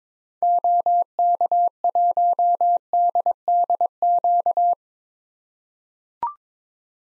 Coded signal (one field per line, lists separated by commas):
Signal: Morse code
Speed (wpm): 22 wpm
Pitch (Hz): 700 Hz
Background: none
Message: OK1DDQ